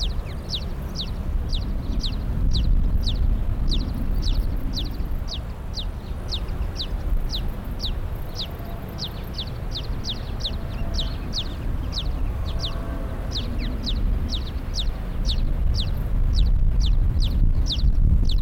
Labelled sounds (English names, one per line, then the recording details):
Eurasian Tree Sparrow call
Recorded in the wild
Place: Eutin, Holsteinische Schweiz, Schleswig-Holstein, DE
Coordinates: 54.132, 10.614
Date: 1992-09-11 14:01
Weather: sonnig, 15-22°C
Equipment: Marantz CP 430, Sennheiser ME 80, Kopie Tesla B 116
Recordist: Tembrock, Günter